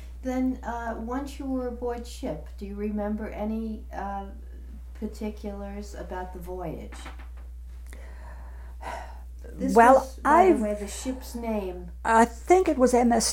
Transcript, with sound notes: Then once you were aboard ship, do you remember any particulars about the voyage?
(sighs) Well, I...
This was, the ships name?
I think it was M.S.